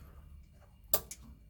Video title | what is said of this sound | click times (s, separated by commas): How to Replace the water Heater on a Washing Machine | right now does that come out okay there's a click there so there's a little clip at the back here and that | 0.9 s